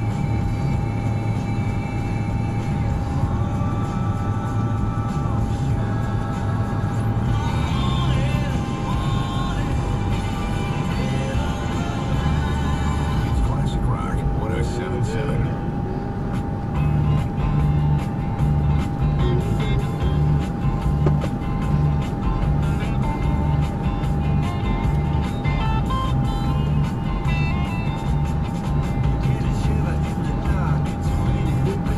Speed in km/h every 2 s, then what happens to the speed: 89, 89, 85, 85, 87, 89, 87, 85, 84, 81, 79, 79, 79, 84, 85, 85.
0-11 steady at about 87. 11-21 slows to 79. 21-32 steady at about 84.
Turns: none.